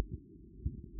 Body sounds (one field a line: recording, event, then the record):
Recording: neck accelerometer signal played as sound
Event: no cough (speech, laughter, throat clearing or background)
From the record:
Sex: male